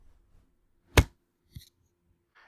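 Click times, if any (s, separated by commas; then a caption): 1.0 s. The final plastic panel of a North States Superyard 8 Panel playard is pushed down onto the black spring piston at the bottom, and the knob at the top goes into the open groove to join it to the adjacent panel. A sharp, loud snap at 1.0 s marks the latch popping up and locking, followed by a softer click at 1.6 s. The joint is seated and locked.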